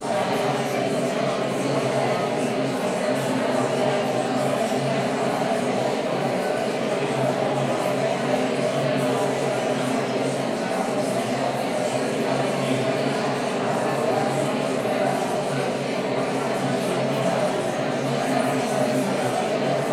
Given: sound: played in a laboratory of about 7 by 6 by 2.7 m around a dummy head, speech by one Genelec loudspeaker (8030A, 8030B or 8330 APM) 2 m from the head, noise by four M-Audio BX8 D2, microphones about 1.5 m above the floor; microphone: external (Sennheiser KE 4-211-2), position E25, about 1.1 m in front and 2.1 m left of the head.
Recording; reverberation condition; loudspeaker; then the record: babble noise; high; four, about 170 cm from the corners of the room and facing them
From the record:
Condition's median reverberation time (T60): about 1300 ms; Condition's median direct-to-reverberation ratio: about -4.0 dB